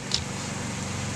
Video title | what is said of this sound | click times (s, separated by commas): HOW TO REPLACE YOUR WINDSHIELD WIPERS | and it pops right off | 0.1 s